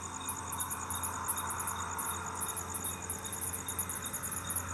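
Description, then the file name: Cricket's high-pitched chirps come in short pulse groups, with a steady drone and a soft mid-range hiss behind. "grillo"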